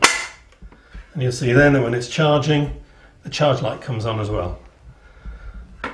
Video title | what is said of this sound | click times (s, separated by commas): H&T Care - Granstand Standing Frames | so make sure it's on properly listen for the click and | 0.0 s